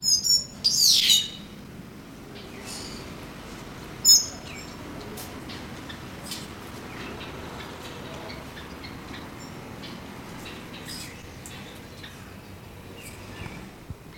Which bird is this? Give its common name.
White-headed Buffalo-Weaver